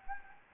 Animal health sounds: mosquito wingbeat signal from an infrared sensor; Anopheles gambiae

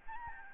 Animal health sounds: mosquito wingbeat signal from an infrared sensor; Aedes albopictus

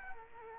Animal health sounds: mosquito wingbeat signal from an infrared sensor; Culex quinquefasciatus

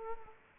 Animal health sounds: mosquito wingbeat signal from an infrared sensor; Aedes aegypti

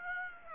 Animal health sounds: mosquito wingbeat signal from an infrared sensor; Aedes aegypti

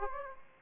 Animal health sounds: mosquito wingbeat signal from an infrared sensor; Aedes aegypti

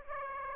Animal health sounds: mosquito wingbeat signal from an infrared sensor; Aedes aegypti

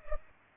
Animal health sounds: mosquito wingbeat signal from an infrared sensor; Culex pipiens

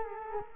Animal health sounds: mosquito wingbeat signal from an infrared sensor; Culex quinquefasciatus

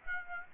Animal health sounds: mosquito wingbeat signal from an infrared sensor; Aedes aegypti

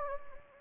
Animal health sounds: mosquito wingbeat signal from an infrared sensor; Anopheles gambiae

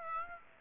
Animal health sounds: mosquito wingbeat signal from an infrared sensor; Aedes aegypti

